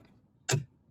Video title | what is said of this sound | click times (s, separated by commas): 2022-2026 Honda Civic Cabin Air Filter Replacement | until you hear that click, and now it's reattached. | 0.5 s